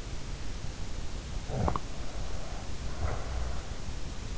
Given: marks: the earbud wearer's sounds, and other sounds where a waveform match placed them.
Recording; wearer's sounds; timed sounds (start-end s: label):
sounds in sleep by an in-ear microphone; snoring breath
1.39-3.73 s: snoring breath